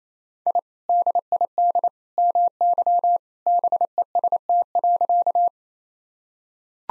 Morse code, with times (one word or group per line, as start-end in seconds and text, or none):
0.5-0.6 I
0.9-1.9 DID
2.2-3.2 MY
3.5-5.5 BEST.